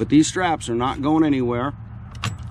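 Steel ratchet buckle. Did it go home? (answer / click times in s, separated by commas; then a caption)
released / 2.2 s. Someone talks, then pulls the release tab under a stainless steel ratchet buckle on a boat trailer tie-down strap to let go of the tensioned strap. The tab gives a single sharp click at 2.2 s as the buckle releases open.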